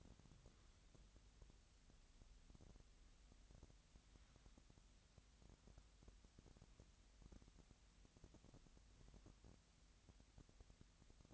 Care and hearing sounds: daily activity, microphone in the room; wipe stove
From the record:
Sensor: 3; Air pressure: 1003.2 hPa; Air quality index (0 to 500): 198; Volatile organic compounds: 6 ppm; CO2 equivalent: 1933 ppm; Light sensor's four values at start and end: 13/30/13/13 and 13/30/13/13

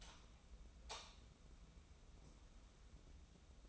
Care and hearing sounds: daily activity, microphone in the room; light on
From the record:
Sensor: 1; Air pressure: 994.4 hPa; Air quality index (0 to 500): 228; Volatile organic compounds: 1000 ppm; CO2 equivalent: 8198 ppm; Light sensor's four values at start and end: 148/337/151/167 and 153/354/157/173

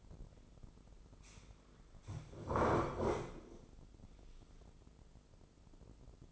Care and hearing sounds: daily activity, microphone in the room; sit down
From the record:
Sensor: 5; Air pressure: 996.1 hPa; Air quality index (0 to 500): 242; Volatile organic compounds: 437 ppm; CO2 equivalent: 4730 ppm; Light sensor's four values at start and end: 155/371/156/171 and 155/371/156/170

